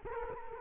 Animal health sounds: mosquito wingbeat signal from an infrared sensor; Culex quinquefasciatus

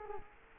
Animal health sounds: mosquito wingbeat signal from an infrared sensor; Culex quinquefasciatus

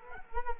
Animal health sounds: mosquito wingbeat signal from an infrared sensor; Culex quinquefasciatus

